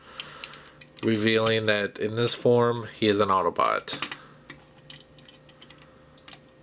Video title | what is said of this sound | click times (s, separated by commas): Transformers Armada: Deluxe Sideways | and gonna push down to them it'll click into place | 0.2 s